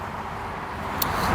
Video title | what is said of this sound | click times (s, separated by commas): Charge your Tesla with Lectron CCS adapter - 2023 Model Y RWD | so that I heard a click here, so this is connected. | 1.0 s